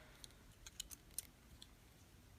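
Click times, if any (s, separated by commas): none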